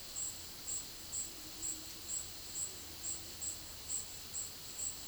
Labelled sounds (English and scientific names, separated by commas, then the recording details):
none
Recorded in dense forest near Puerto Asís, Putumayo, Colombia, on 21 February 2024 at 14:30
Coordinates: 0.505, -76.324
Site G6467